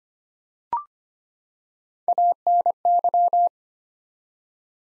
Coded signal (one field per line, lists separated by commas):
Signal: Morse code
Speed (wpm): 25 wpm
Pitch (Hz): 700 Hz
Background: none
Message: ANY